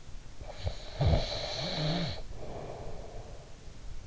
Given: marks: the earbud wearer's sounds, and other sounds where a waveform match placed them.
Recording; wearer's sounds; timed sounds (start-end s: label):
sounds in sleep by an in-ear microphone; snoring breath
0.33-3.92 s: snoring breath